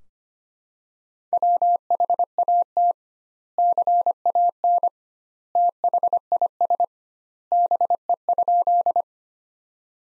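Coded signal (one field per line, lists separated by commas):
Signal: Morse code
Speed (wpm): 25 wpm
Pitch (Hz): 700 Hz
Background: none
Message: WHAT CAN THIS BE?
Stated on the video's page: Morse practice sentences from the top 100 words at 25 wpm with 2x standard word spacing, a Farnsworth-like method applied to words.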